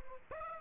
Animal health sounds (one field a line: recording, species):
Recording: mosquito wingbeat signal from an infrared sensor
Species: Aedes aegypti